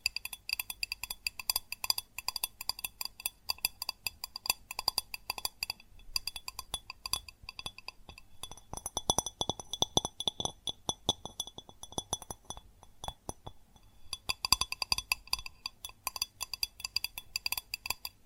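Fast, dense tapping on glass and ceramic objects, bright clinking strikes in rapid bursts with brief thinner pauses around eight and fourteen seconds.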